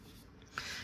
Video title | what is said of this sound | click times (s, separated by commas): LEGO Star Wars BARC Speeder Escape REVIEW! Set 75378 | Stud shooters, you just place it in and it clicks in place. | 0.6 s